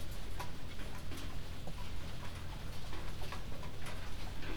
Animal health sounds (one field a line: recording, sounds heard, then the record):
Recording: poultry house recording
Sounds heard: healthy chickens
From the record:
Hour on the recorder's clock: 22